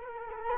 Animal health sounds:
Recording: mosquito wingbeat signal from an infrared sensor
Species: Culex quinquefasciatus

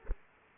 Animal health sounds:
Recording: mosquito wingbeat signal from an infrared sensor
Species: Aedes aegypti

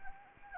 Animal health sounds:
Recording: mosquito wingbeat signal from an infrared sensor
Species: Anopheles gambiae

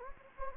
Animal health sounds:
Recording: mosquito wingbeat signal from an infrared sensor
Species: Anopheles gambiae

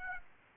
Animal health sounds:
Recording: mosquito wingbeat signal from an infrared sensor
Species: Aedes aegypti

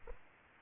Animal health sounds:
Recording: mosquito wingbeat signal from an infrared sensor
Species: Aedes aegypti

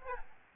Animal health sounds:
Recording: mosquito wingbeat signal from an infrared sensor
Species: Aedes albopictus

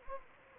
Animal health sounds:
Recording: mosquito wingbeat signal from an infrared sensor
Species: Anopheles gambiae

